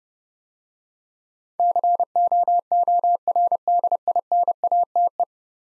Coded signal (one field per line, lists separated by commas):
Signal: Morse code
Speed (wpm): 30 wpm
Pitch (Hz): 700 Hz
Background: none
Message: COORDINATE